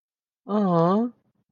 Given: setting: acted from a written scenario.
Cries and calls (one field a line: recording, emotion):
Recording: vocal sound without words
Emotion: adoration